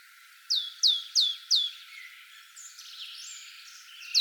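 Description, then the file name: Great tit uttering four loud, clear notes sliding downward in a quick even run, followed by quieter twittering. "Parus major"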